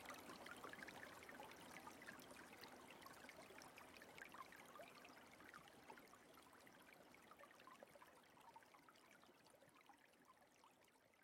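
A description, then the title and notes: Water trickles down bamboo in a steady, dense patter of small splashes and drips, fairly bright. The flow stays even throughout, with quick irregular droplets over a soft continuous wash, easing slightly in loudness toward the end. The natural sound of water trickling down the bamboo adds a touch of tranquility to any space.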